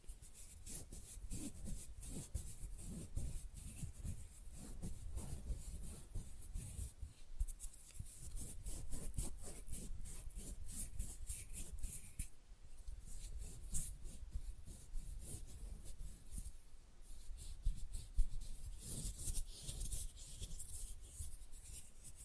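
Fast, rough nail filing scrapes in dense, regular strokes for the whole stretch, with gritty bright rasps and low thuds underneath.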